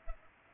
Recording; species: mosquito wingbeat signal from an infrared sensor; Culex pipiens